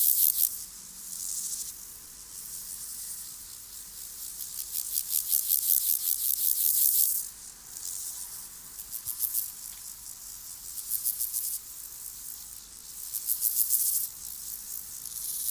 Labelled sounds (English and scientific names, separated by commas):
Water-meadow Grasshopper (Chorthippus montanus) stridulation